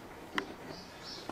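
A motorized meat grinder is swung up on its hinge under the Plexiglas and locked into position on its mount. A sharp click is heard at 0.4 s, followed by a second, fainter click at 1.3 s. The grinder is seated and locked in place, ready to go.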